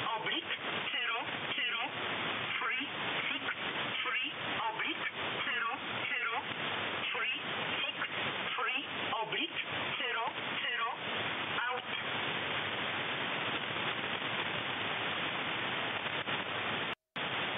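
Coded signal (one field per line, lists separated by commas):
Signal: numbers station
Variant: E11 Oblique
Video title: E11 Oblique Numbers Station, 363/00, 9.13 MHz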